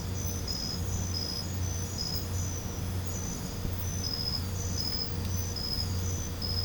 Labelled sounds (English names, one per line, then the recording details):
none
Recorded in pastures near Puerto Asís, Putumayo, Colombia, on 21 December 2024 at 21:30
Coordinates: 0.505, -76.324
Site G063